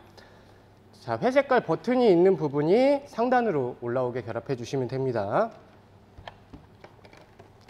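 A hose connector is pushed into the port of a grooming vacuum with its grey button facing up, while someone talks. After the talking, a few faint, short handling taps follow. Nothing has seated or clicked yet.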